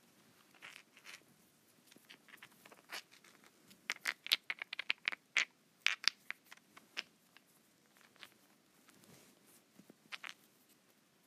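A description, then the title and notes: Rocks rub and knock against each other in a run of short, sharp scrapes and clicks, fairly bright. The sounds come irregularly, thickest between about four and six seconds, then thin out with quieter gaps over a low, soft background. ASMR Rock Rubbing.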